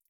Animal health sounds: hydrophone in a shrimp aquaculture tank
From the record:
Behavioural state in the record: feeding

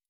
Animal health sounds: hydrophone in a shrimp aquaculture tank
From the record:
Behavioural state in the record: stressed

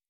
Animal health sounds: hydrophone in a shrimp aquaculture tank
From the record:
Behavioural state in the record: normal

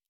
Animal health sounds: hydrophone in a shrimp aquaculture tank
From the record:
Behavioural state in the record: normal

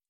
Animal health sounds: hydrophone in a shrimp aquaculture tank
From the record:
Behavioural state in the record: feeding

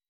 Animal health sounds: hydrophone in a shrimp aquaculture tank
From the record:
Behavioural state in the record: weakened

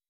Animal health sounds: hydrophone in a shrimp aquaculture tank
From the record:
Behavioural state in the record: weakened

